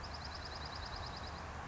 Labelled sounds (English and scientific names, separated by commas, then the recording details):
Dark-eyed Junco (Junco hyemalis)
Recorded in Sonoma County, California